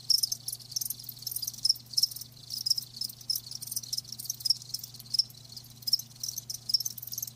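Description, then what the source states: Crickets giving shrill, rapid chirps in a constant chorus, with sharper individual notes standing out now and then. Live crickets chirping, a lulling song.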